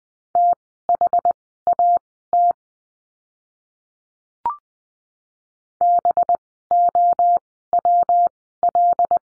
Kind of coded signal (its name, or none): Morse code